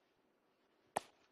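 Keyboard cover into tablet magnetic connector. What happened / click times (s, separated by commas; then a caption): The cover clicked into its connector / 1.0 s. A magnetic keyboard cover is reattached to a tablet's magnetic connector and clicks in again, a single sharp, bright snap at 0.97 s over a quiet background. The cover is seated on the tablet.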